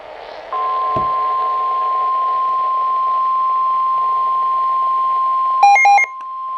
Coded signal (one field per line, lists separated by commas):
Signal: Emergency Alert System (SAME) tones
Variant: 1050 Hz attention tone